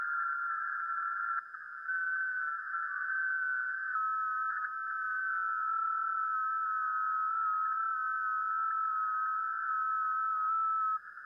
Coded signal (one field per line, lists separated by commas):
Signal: FT8